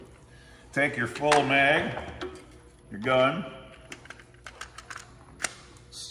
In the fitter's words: until it snaps into place